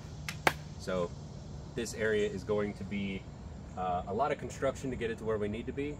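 A retractable pull-down screen in its housing inside an ambulance is released from its locked position and auto-retracts, giving two sharp snaps at 0.3 s and 0.5 s. Someone talks through the rest of the clip.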